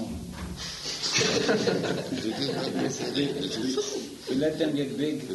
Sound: laughter

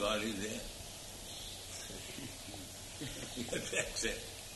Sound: laughs

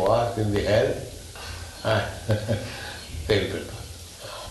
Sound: laughs

